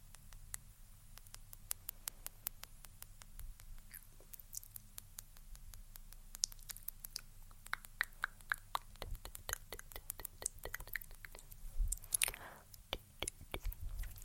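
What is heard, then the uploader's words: Lip balm is applied again and again, giving a run of sharp, wet clicks and smacks that come in quick, irregular bursts throughout. A low steady hum sits underneath, and the sounds grow busier and louder toward the end, with a smeared squish around twelve seconds. ASMR Applying Lip Balm Over and Over (Mouth Sounds & Tascam Tingles).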